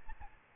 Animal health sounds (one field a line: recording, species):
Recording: mosquito wingbeat signal from an infrared sensor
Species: Aedes albopictus